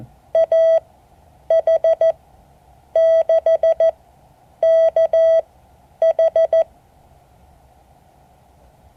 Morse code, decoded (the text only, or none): AH6KH